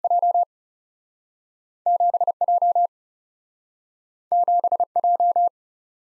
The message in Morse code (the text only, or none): J 7 J 7 J